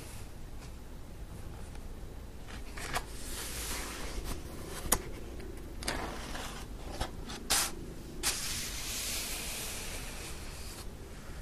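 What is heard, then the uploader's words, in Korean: Book pages are turned again and again, with soft papery swishes and rustles, a sharp crisp snap near five seconds, and a longer sweep near the end. 책을 넘기는 소리.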